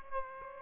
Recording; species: mosquito wingbeat signal from an infrared sensor; Aedes aegypti